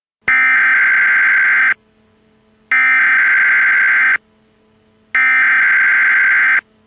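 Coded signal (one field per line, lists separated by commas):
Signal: Emergency Alert System (SAME) tones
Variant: header bursts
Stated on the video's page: Fictional EAS scenario.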